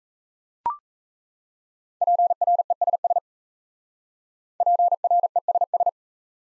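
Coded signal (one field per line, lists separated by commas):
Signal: Morse code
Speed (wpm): 40 wpm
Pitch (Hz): 700 Hz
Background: none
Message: PRESS PRESS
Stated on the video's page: Top 500 words Morse drill in speed-racing format, starting fast and slowing to a 28 wpm base.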